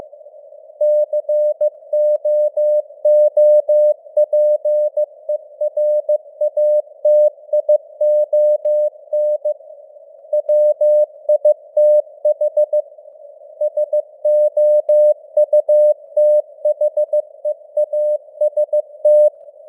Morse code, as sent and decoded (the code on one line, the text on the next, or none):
-.-. --- --- .--. . .-. .- - .. --- -. / .-- .. - .... / ... --- ..- - .... . .- ... -
COOPERATION WITH SOUTHEAST